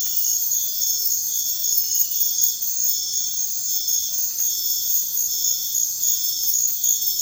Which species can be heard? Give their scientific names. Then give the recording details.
none. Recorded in dense forest near Puerto Asís, Putumayo, Colombia, on 20 February 2024 at 05:00. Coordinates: 0.496, -76.326. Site G6383